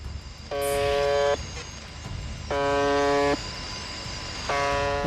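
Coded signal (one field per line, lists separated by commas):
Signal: channel marker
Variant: UVB-76 (The Buzzer)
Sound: harsh low buzz of about one second, repeated every two seconds, three times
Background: radio static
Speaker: 라디오에서 끊임없이 들려오는 의문의 버음.이 음.이 >> 소리는 1분에 약 25번씩 24시간 내내 송출됩니다.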